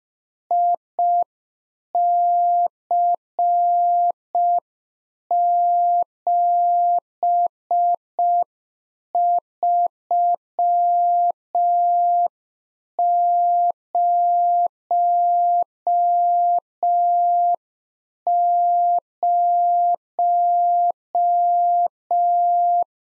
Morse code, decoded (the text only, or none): IC7300